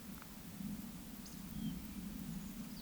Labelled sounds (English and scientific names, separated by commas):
Eurasian Woodcock (Scolopax rusticola) whistle